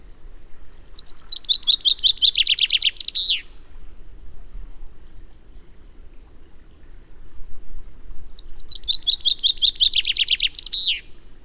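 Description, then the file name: Common chaffinch singing two full songs several seconds apart, each a cascading run of bright notes dropping in pitch and closing with an emphatic terminal flourish. "Fringilla coelebs"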